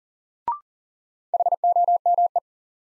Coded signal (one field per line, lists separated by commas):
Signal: Morse code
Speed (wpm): 37 wpm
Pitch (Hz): 700 Hz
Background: none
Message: HOME